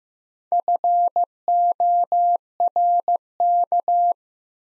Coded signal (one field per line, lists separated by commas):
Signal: Morse code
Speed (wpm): 15 wpm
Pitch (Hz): 700 Hz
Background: none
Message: FORK